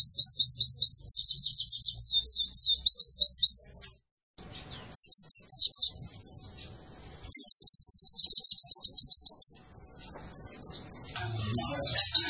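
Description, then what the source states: White-eye song in several bursts of quick high twittering notes, broken by short pauses, with faint low background hum. Lively-singing ('gacor') white-eye song used to train cage birds.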